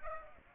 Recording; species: mosquito wingbeat signal from an infrared sensor; Aedes aegypti